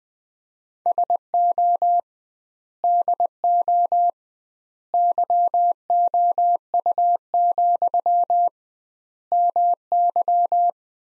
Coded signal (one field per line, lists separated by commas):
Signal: Morse code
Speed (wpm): 21 wpm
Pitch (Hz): 700 Hz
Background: none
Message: SO DO YOU, MY